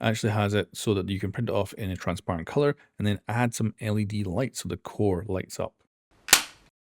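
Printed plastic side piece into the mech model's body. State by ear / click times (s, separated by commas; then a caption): seated / 6.3 s. Someone talks for most of the clip, then a 3D-printed plastic side piece of an articulated mech model, near its energy core, is pressed into the side of the body and snaps into place without glue. A sharp, bright click is heard at 6.3 s, and the piece is seated.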